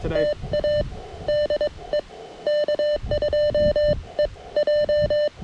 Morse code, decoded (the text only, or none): TA DE K2EJ